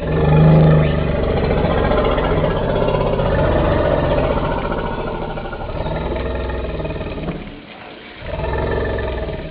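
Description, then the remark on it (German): Forest elephants, aunt Kate and niece Tess, greet each other with deep, overlapping rumbles, a continuous low growling that swells and throbs, dips into a brief pause near the end, then resumes loudly; a recording by Cornell University's Elephant Listening Project. “Das ist zum Beispiel die Begrüßung von Tante Kate und Nichte Tess.”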